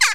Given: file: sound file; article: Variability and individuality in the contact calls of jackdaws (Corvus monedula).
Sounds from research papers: jackdaw call; harmonic

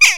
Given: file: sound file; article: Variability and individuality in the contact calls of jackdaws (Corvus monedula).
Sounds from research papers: jackdaw call; harmonic

